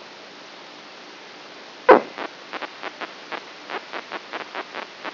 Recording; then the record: brain microelectrode recording played as sound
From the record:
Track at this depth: inside the subthalamic nucleus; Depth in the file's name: 4.84 mm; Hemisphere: right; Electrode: 2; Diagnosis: Parkinson's disease